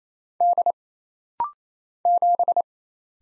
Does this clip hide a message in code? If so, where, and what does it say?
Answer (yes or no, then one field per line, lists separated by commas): yes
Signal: Morse code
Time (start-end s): 0.4-2.6 s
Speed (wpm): 27 wpm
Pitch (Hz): 700 Hz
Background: none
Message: D 7